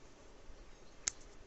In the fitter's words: that's that's very much locked in place